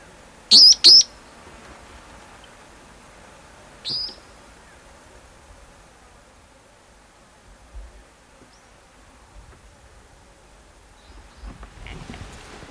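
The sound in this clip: Red-bellied parrot calls: two sharp, shrill high-pitched shrieks in quick succession, then a single shorter shriek about three seconds later.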